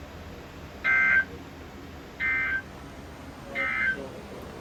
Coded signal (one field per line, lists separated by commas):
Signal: Emergency Alert System (SAME) tones